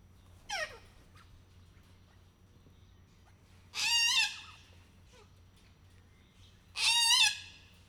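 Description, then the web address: Little corella: a brief falling squawk, then two long, harsh, rasping screeches separated by about three seconds. Emboldened individual at Miskolc Zoo, 2018. "allathangok miskolcizoo 2018 csupaszszemu kakadu felbatorodva miskolczoo"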